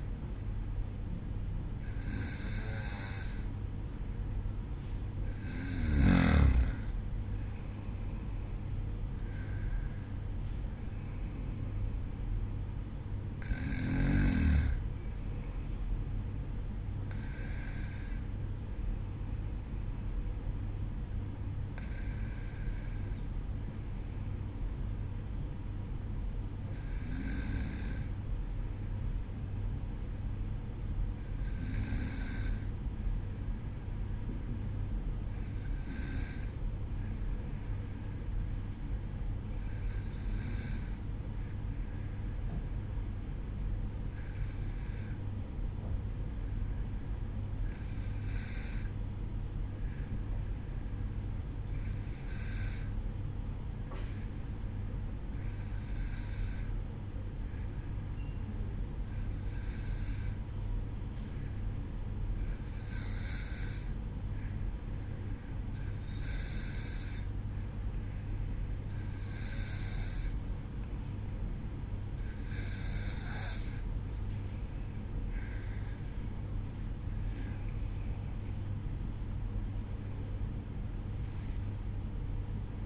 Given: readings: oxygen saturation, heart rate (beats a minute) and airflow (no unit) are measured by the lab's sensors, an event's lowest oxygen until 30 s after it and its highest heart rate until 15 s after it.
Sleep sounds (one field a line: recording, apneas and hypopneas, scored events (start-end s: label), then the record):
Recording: breathing in sleep by a smartphone at the bedside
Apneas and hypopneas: 1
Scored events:
36.00-76.00 s: hypopnea (N2, oxygen 95% highest, then 93% lowest, heart rate 53 at the start, 61 highest)
From the record:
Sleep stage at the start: N2 (light sleep)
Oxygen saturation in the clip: 93 to 95%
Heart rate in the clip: 52 to 61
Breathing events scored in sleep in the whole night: 305 in 9.6 hours asleep